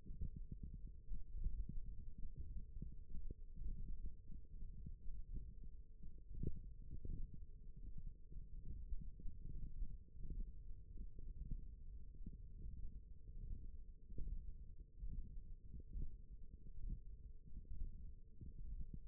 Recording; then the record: forearm muscle sounds (acoustic myography)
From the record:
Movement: index flexion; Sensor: system 1, eight BSWA MPA416 microphones around the upper forearm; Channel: 4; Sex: male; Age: 21 years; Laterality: right